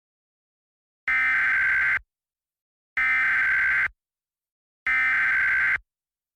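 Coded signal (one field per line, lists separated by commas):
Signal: Emergency Alert System (SAME) tones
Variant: header bursts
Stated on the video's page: Fictional EAS scenario about a fire meteor, made as a Christmas special.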